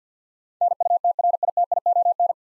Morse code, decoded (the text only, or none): NUTRITION